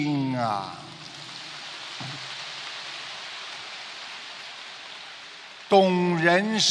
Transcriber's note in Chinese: 掌声